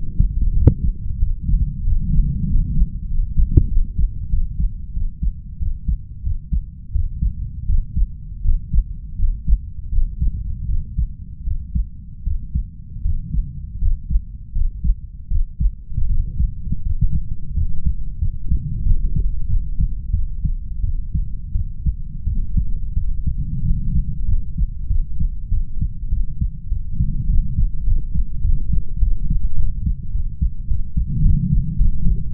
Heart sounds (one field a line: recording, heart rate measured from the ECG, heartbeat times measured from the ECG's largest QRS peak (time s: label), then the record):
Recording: heart sounds by stethoscope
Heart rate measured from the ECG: 91 bpm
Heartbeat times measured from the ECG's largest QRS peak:
0.53 s: heartbeat
1.18 s: heartbeat
1.83 s: heartbeat
2.46 s: heartbeat
3.07 s: heartbeat
3.68 s: heartbeat
4.29 s: heartbeat
4.92 s: heartbeat
5.58 s: heartbeat
6.22 s: heartbeat
6.91 s: heartbeat
7.65 s: heartbeat
8.41 s: heartbeat
9.16 s: heartbeat
9.89 s: heartbeat
10.66 s: heartbeat
11.43 s: heartbeat
12.23 s: heartbeat
13.01 s: heartbeat
13.78 s: heartbeat
14.52 s: heartbeat
15.28 s: heartbeat
16.06 s: heartbeat
16.82 s: heartbeat
17.54 s: heartbeat
18.19 s: heartbeat
18.83 s: heartbeat
19.46 s: heartbeat
20.11 s: heartbeat
20.81 s: heartbeat
21.52 s: heartbeat
22.24 s: heartbeat
22.94 s: heartbeat
23.62 s: heartbeat
24.26 s: heartbeat
24.87 s: heartbeat
25.49 s: heartbeat
26.09 s: heartbeat
26.68 s: heartbeat
27.27 s: heartbeat
27.84 s: heartbeat
28.41 s: heartbeat
28.99 s: heartbeat
29.55 s: heartbeat
30.11 s: heartbeat
30.67 s: heartbeat
31.22 s: heartbeat
31.77 s: heartbeat
32.32 s: heartbeat
From the record:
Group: healthy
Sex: female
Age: 32 years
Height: 168 cm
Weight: 61.9 kg